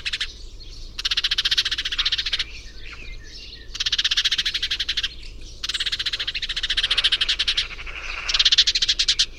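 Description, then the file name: House sparrow giving rough rattling chatters, four dense buzzy bursts separated by brief gaps, with a faint hum underneath. "Passer domesticus"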